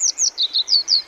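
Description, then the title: Grey wagtail calling: six sharp, high, slightly falling chips in a quick, even series, about five per second, against a quiet background. Boso Peninsula, Chiba Prefecture, Japan. "房総半島（千葉県）のキセキレイ"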